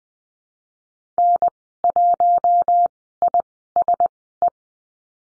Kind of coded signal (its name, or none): Morse code